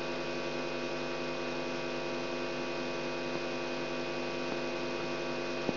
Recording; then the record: brain microelectrode recording played as sound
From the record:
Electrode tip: outside the subthalamic nucleus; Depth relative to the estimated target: 3 mm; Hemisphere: right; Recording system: AlphaMap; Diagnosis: Parkinson's disease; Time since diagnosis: 17 years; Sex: female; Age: 63 years